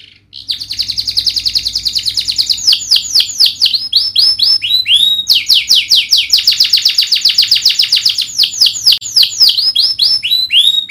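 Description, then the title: Domestic canary song, long unbroken series of rapid rolling trills, changing tempo and pitch, with a few sharp rising whistles marking new phrases. Singing in the gacor style with cengkok (melodic twists) and isian (song fillers). "Kenari Gacor Cengkok Isian"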